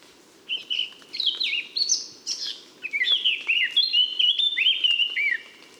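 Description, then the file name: Eurasian blackcap song, a fast jumble of warbled and whistled notes. "Sylvia atricapilla"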